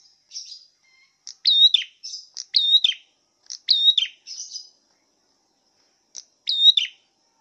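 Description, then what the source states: Prinia song: high, sharp chirping phrases of quick chip and twisting notes, given in short bursts separated by brief pauses. Red-headed prenjak song, used for training songbirds.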